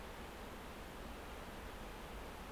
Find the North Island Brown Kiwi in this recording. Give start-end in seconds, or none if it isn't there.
none